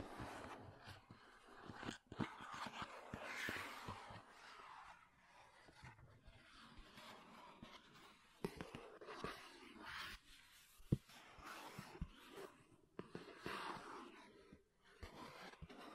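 Makeup containers are tapped and scratched in a busy, irregular stream of small clicks and knocks, with soft rustling scrapes swelling in between. Sharper taps stand out near two, eight, ten and eleven seconds, and the activity thins briefly around six and fifteen seconds.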